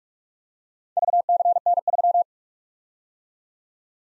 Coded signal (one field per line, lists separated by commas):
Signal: Morse code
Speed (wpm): 42 wpm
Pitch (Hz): 700 Hz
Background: none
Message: VCN3